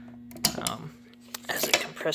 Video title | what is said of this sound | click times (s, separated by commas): The LS swap continues...PAC 1218 Valve springs DIY | As it gets tighter, it'll compress it, and then you'll hear a click sound, and then you'll see this | 0.5 s